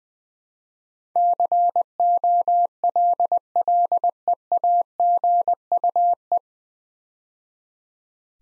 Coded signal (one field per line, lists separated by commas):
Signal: Morse code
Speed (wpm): 20 wpm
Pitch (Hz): 700 Hz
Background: none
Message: COLLEAGUE